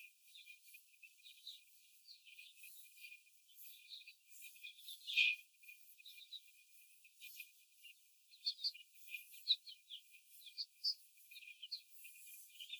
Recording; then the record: young laying hens in a cage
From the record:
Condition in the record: after the stressor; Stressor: simulated dog barking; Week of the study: 4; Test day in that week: 1